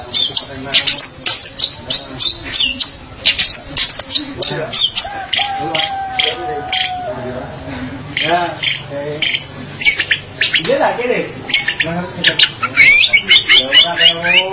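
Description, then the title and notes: Long-tailed shrike song: a long, jumbled medley of high chips, whistles and scratchy notes, with a steady lower whistle midway and other sounds underneath. "Pentet 201703. Suara burung pentet"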